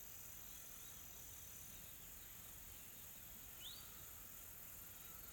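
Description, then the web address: Insects droning in an even, high-pitched hum, broken once by a single brief rising bird note near the end. Calm, soft insect ambience from a tropical forest in South Africa. "Smart Sound FX - Nature South Africa AMBIENCE Additional Tropical Forest Soft Insects Calm"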